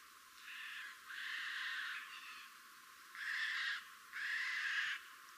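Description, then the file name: Eurasian jay uttering hoarse, grating screeches, several rasps separated by short pauses, quiet otherwise. "Garrulus glandarius"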